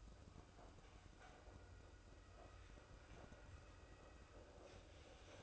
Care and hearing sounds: daily activity, microphone in the room; make coffee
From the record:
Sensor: 2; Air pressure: 995.0 hPa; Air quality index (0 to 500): 52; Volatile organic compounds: 1 ppm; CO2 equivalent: 838 ppm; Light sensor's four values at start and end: 15/51/19/19 and 15/51/19/19

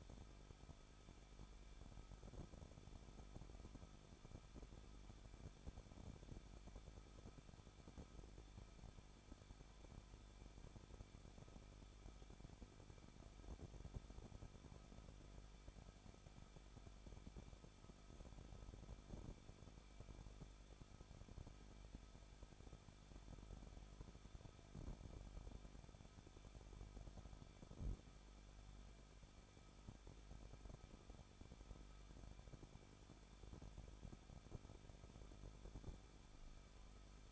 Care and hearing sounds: daily activity, microphone in the room; no activity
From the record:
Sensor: 5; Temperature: 20.8 degrees Celsius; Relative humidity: 38.5%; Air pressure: 1006.5 hPa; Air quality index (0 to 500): 190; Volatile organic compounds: 20 ppm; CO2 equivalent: 2677 ppm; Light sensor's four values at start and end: 2/3/1/1 and 2/3/1/1

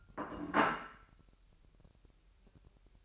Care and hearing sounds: daily activity, microphone in the room; place plate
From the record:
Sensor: 2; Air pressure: 1001.9 hPa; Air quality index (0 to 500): 248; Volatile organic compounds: 40 ppm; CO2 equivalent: 3140 ppm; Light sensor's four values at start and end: 8/28/11/10 and 8/28/11/10

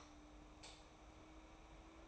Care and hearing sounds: daily activity, microphone in the room; light off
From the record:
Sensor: 1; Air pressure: 991.0 hPa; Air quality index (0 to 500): 108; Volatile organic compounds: 97 ppm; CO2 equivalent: 3733 ppm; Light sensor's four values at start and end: 26/66/27/29 and 22/51/22/24

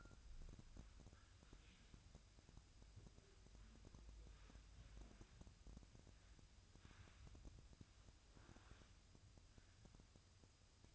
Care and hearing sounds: daily activity, microphone in the room; wipe stove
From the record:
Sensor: 2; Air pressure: 1004.6 hPa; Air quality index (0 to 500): 79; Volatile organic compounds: 1 ppm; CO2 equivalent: 940 ppm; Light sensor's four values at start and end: 7/16/6/6 and 7/16/6/6

